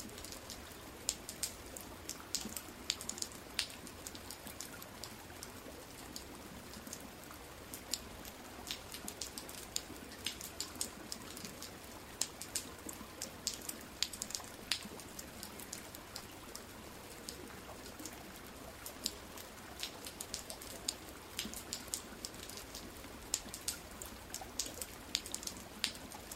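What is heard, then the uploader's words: Steady rain falls throughout, a dense even hiss with countless sharp drop ticks scattered across the whole clip. Bright impacts stand out every second or so against a soft low rumble underneath, and the level stays constant from start to finish. Relax With Rain. Peaceful Rain Sound, Rain Ambience. Rain soundscapes.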